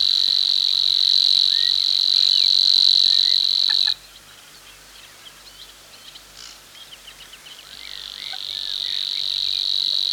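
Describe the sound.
Savi's warbler song, a sustained buzzing reel for four seconds, a pause with faint chirps, then the reel starting up again and building through the last two seconds.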